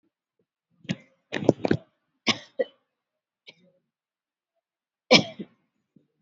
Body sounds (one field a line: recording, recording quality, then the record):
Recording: heavy voluntary cough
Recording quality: excellent, no background noise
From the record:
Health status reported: COVID-19 positive, moderate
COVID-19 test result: positive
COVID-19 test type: RT-PCR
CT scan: not taken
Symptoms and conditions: cough, fever, muscle pain, loss of smell and taste, hypertension, diabetes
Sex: female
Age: 54 years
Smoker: no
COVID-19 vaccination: both doses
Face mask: worn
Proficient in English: yes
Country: India